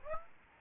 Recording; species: mosquito wingbeat signal from an infrared sensor; Aedes albopictus